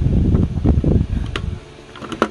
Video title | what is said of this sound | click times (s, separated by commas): UNIVERSAL UNDERWATER PHONE CASE LAZADA TAGALOG REVIEW. SHELBOX 2ND GEN | kapag naka-lock na siyang ganyan guys | 1.4 s, 2.2 s